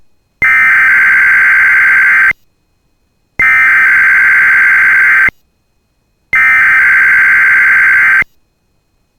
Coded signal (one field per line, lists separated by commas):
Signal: Emergency Alert System (SAME) tones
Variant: header bursts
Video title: [EAS] Compilation 2024 - First of the Year EAS Tests